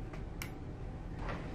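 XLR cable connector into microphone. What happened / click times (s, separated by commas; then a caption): The connector latch clicked home / 0.4 s. An XLR cable connector is pushed into a microphone before the microphone is mounted, so the latch can be heard. A faint tick at 0.1 s is followed by a short, sharp click at 0.4 s as the connector seats, over a steady low background hum.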